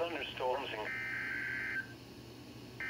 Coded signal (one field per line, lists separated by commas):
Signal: Emergency Alert System (SAME) tones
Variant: header bursts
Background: speech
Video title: NOAA Weather Radio | Severe Thunderstorm Warning (SVR) 01/10/20 5:14PM CST